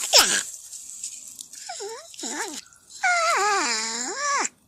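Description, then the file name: Porcupine whining call: short wavering squeaks, then a long quavering moan that rises and falls for over a second before stopping abruptly. "Tieng con nhim keu trong rung"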